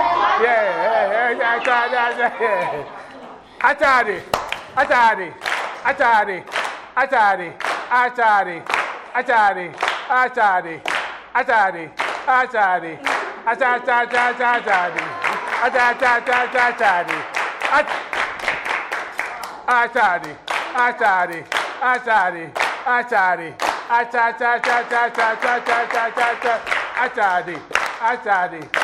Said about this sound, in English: Have fun with it. Just clap, clap, clap.